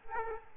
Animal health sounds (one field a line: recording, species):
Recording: mosquito wingbeat signal from an infrared sensor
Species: Aedes aegypti